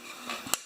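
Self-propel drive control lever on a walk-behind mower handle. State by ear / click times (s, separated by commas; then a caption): seated / 0.5 s. A self-propel drive control lever on the handle of an old MTD walk-behind mower with a Tecumseh 6.5 HP VLV engine is pushed forward after the bail is closed. It engages with a sharp click at 0.5 s, heard over a low steady background. The lever is seated and the self-propel drive is engaged.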